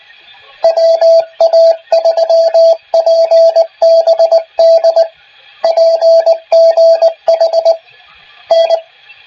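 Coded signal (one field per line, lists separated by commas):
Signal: Morse code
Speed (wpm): 19 wpm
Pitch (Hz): 660 Hz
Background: radio noise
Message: WA3PBD PGH N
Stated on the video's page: Heard during a weekly club net night.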